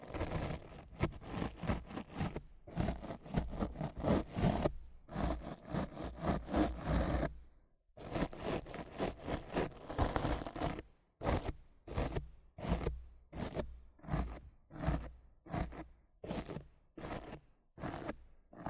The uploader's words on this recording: ASMR Rough Mic Scratching & Brushing (No Talking).